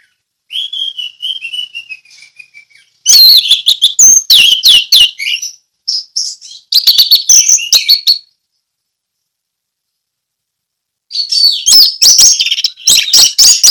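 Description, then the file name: Orange-headed thrush song: a thin descending whistled phrase, then bursts of loud, varied, rapid chattering and warbled notes, a long pause, and another fast jumbled run. Orange-headed thrush singing in the ngeplong song style. "anis merah ngeplong"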